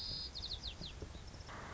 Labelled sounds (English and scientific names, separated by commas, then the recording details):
White-crowned Sparrow (Zonotrichia leucophrys)
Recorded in Sonoma County, California